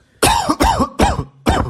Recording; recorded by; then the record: voluntary cough; messaging app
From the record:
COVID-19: positive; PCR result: self-reported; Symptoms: yes